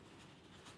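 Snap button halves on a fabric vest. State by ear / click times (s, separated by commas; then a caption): not seated / none. Two halves of a metal snap button on a camouflage vest, being repaired with its button sewn back on, are handled by hand before being pressed together. Only steady, even broadband noise is heard, with no sharp transients. The halves have not snapped or clicked closed yet.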